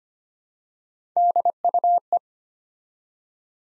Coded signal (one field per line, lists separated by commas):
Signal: Morse code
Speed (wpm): 25 wpm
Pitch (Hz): 700 Hz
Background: none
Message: DUE